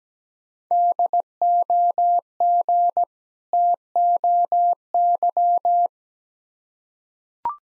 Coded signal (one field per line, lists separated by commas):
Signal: Morse code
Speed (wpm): 17 wpm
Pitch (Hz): 700 Hz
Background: none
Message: DOG TOY